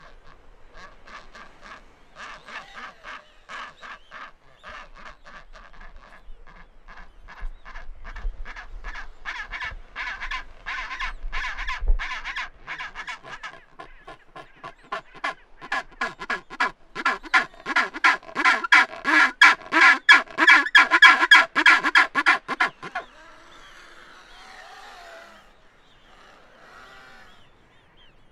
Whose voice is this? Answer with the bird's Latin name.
Pygoscelis antarcticus